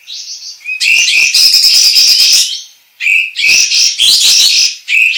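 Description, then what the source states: Sooty-headed bulbul singing energetically, a long run of rapid jumbled chirps and whistles, a short break, then further dense chattering phrases. Indonesian local name kapas tembak; described as gacor, singing actively and persistently.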